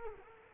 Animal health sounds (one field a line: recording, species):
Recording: mosquito wingbeat signal from an infrared sensor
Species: Culex quinquefasciatus